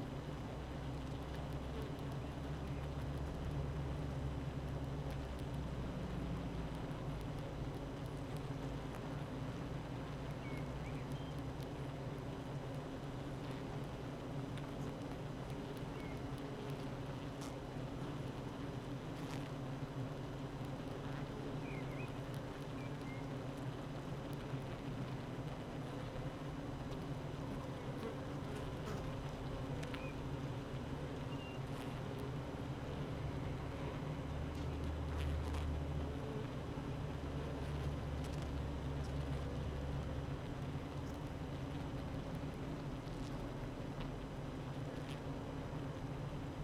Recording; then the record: honeybee colony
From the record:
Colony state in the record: active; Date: 12 June 2018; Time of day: 8:21